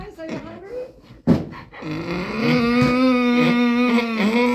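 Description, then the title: Donkey bray, a few rough grunts followed by a sharp knock, then a long sustained harmonic bray that holds steady with slight wavers. Several donkeys braying while their food was being prepared, for about a minute. "Donkeys talking for one minute"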